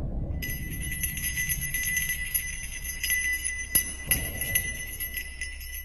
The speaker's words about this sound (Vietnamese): Cơn gió từ đâu thổi đến, làm cho ánh lửa cứ bập bà bập bùng, không khí cực kỳ căng thẳng. Cùng lúc ấy, đồng loạt những cái chuông gió, những cái lục lạc được treo, cứ kêu lên len ca len keng.